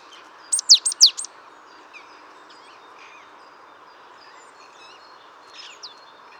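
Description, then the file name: Great tit calling: a quick burst of five or six sharp, very high notes, some sweeping downward, then near quiet with a couple of faint high chirps near the end. "Parus major"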